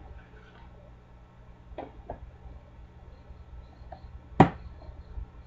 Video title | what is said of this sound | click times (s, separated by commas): Homemade Yeast Bread in the Tupperware Fix N Mix Bowl | hear that snap there we'll burp it a little bit | 4.4 s